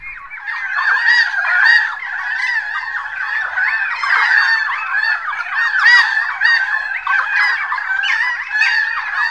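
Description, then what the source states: Birds calling in a dense chattering flock, many overlapping squeaky, warbling notes running continuously without pause. Recorded in 2011.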